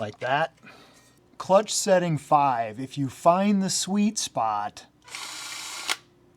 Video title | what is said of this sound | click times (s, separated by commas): 7.2V Pen Driver and Impact Comparison: Panasonic EZ7421, Makita Driver DF012DZ, Makita Impact TD022D | you can get that satisfying click and stop with the Panasonic | 5.9 s